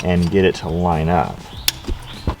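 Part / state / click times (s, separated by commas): breather hose fitting into turbo inlet pipe / seated / 1.7 s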